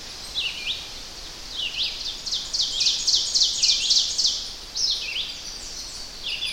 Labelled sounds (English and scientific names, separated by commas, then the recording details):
Ovenbird (Seiurus aurocapilla) song
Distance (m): 25 m
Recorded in boreal forest in Alberta, Canada, on 10 June 2016 at 06:56
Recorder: SongMeter 3, array SBT-3-39
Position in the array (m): 196 m, 89 m
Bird 17